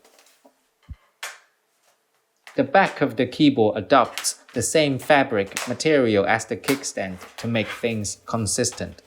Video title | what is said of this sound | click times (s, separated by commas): Fydetab Duo hands-on experience and feature demonstration | all you need to do is a simple snap you will hear the click sound and you're good to go | 1.2 s